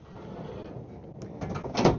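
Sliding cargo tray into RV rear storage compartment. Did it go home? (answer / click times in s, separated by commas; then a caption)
yes / 1.8 s. The pull-out cargo tray, rated for 800 lb, of a 2023 Solitude 390RK RV slides back into the rear storage compartment with a low, steady rumble and scraping and a couple of light knocks around 1.2 and 1.4 seconds. Its lock engages with a sharp, loud clunk at 1.9 seconds, seating the tray locked in place.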